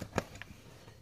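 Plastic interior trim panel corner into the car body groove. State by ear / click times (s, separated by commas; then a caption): seated / 0.2 s, 0.4 s. The rear corner of a flexible plastic interior trim panel, the corner with a groove, is pushed into the groove in the car body while the seat belt is being reassembled. A sharp click sounds at 0.2 s, followed by a lighter, higher click at 0.4 s, showing the panel corner is seated correctly.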